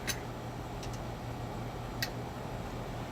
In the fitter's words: You just push it in till you feel it click and you're good to go.